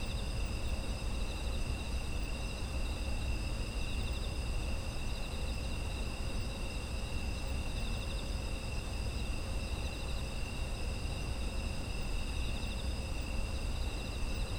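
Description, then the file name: Autumn insects trilling together, unbroken high-pitched pulsing tones stacked in bands throughout, with a persistent deep background hum. Autumn insect ambience, presented as background sound. "秋の虫の環境音"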